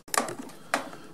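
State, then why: Seated. The plastic front panel of a Samsung 8 kg washing machine is refitted and pushed onto the cabinet, with force. Two sharp snapping hits ring out at 0.2 s and 0.7 s as the panel seats into place.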